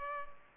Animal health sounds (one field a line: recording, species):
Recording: mosquito wingbeat signal from an infrared sensor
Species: Culex pipiens